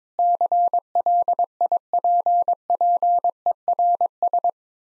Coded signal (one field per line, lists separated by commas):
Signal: Morse code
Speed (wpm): 21 wpm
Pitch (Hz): 700 Hz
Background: none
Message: CLIPPERS